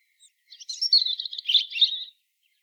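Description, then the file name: European robin song: a single fast, high-pitched warbling phrase that mixes thin whistles with quick, jumbled trills, and no other sounds. "Erithacus rubecula"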